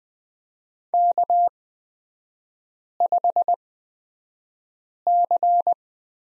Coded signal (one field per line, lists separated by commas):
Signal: Morse code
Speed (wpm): 20 wpm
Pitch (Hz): 700 Hz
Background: none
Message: K5C